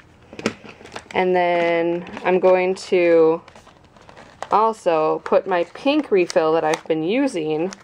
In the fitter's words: and then the top slides down and it clicks into place